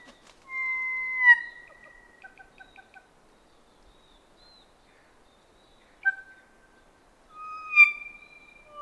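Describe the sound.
Kōkako song: a held organ-like note, then a series of brief evenly spaced pips, a pause, and more long tones.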